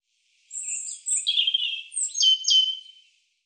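European robin song: a rich, high phrase of thin whistles, twittering trills and sliding notes, nearly three seconds long.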